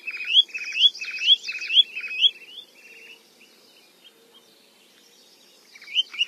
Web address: Songs of Birds of North America Stokes. Spotted Sandpiper